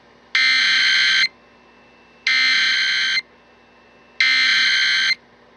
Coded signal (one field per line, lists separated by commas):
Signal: Emergency Alert System (SAME) tones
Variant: header bursts